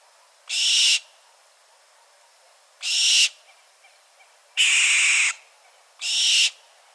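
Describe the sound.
Bird delivering four harsh, drawn-out hissing screeches at uneven intervals, the third longest and loudest, with faint ticks between.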